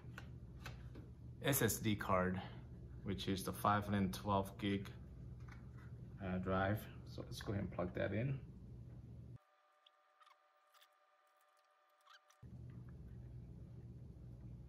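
A SATA cable connector is being plugged into a 512 GB 2.5-inch SSD that is being installed in a desktop PC. Someone talks while the connector is handled, and faint clicks and handling sounds follow after a quiet gap. Nothing has seated or clicked yet.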